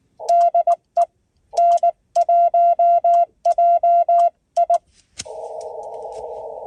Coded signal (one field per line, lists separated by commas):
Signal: Morse code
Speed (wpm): 19 wpm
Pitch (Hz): 690 Hz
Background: radio noise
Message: DE N1JI